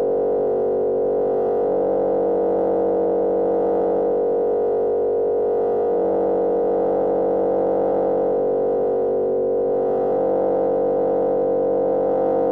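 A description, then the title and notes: A swarm of FM tones from an oscillator bank forms a dense, steady drone centered in the midrange. Lower partials shift in pitch roughly every four seconds, near 1.7, 6 and 10 seconds, while the thick, buzzing layer holds at constant loudness. FM Swarm On Oscillator Bank.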